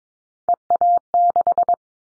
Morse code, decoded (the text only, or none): EA6